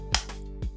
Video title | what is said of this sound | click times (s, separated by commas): SPOOKY Gengar! How To Build the Gengar Pokemon Plamo! | And there's the other click, and there's both arms in for Gengar, and they sort of rotate around that elbow there too. | 0.1 s